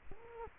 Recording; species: mosquito wingbeat signal from an infrared sensor; Culex quinquefasciatus